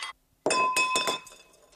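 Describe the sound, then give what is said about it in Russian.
A tall, empty drinking glass slides off the edge of a table and hits the floor with a bright, ringing clink, followed by a few quick bouncing chinks and a high resonant tone that fades out. “Доехав до края, стакан падает на пол.”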